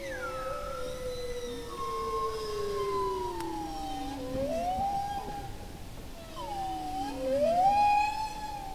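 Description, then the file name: Bowhead whale song with long, slowly falling tonal moans overlapped by higher sliding whistles, then short rising sweeps near the end over a steady underwater hiss. "Groenlandse walvis gezang"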